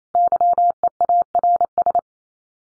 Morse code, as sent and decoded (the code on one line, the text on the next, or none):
-.-- . .- .-. ...
YEARS